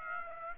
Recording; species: mosquito wingbeat signal from an infrared sensor; Aedes aegypti